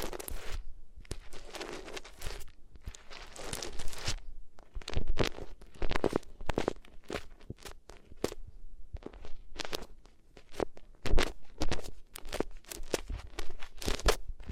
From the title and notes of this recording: ASMR Sensitive Sleep Inducing Triggers Rubbing Your Ears on Different Materials (No Talking).